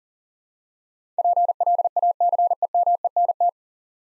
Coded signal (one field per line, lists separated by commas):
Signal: Morse code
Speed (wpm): 40 wpm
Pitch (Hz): 700 Hz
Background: none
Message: PLACEMENT